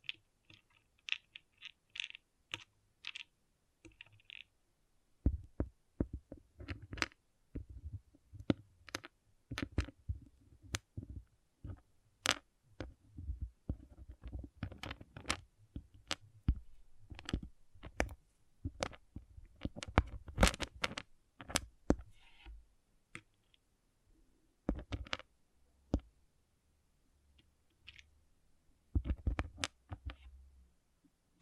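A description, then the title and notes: Small plastic pixel art beads click and tap in quick, irregular bursts, each one a sharp, bright tick. Around five seconds the clicks grow denser and come with soft, low knocks, continuing unevenly with brief pauses until the end. ASMR Relaxing Pixel Art Beads ( No Talking).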